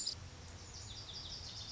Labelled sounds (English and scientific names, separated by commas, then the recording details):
Lazuli Bunting (Passerina amoena)
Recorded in Sonoma County, California